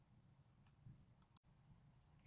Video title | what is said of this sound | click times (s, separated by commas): WNU: WL36 Service Tips | filling turn the cap until it clicks to ensure a tight seal to | 1.4 s